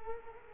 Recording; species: mosquito wingbeat signal from an infrared sensor; Culex quinquefasciatus